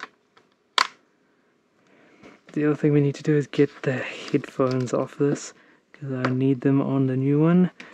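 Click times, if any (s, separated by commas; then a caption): 0.8 s. A 3D printed eye tracking ring carrying IR LEDs is placed over the edges of a VR headset lens and pressed until its bracket clicks into place, with a sharp, loud click at 0.8 s after a few faint taps. The ring is seated, and then someone talks.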